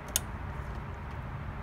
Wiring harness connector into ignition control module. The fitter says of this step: connector back into the ignition control module so you just give it a push until it clicks and then